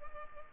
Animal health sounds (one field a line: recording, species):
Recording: mosquito wingbeat signal from an infrared sensor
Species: Culex pipiens